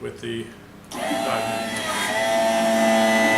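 An axially swaged fitting on metal tubing is handled in the die head of a swaging tool. Someone talks briefly, then a steady mechanical whine with tonal hum starts at about 0.9 s and grows slightly louder to the end. Nothing has seated or clicked yet.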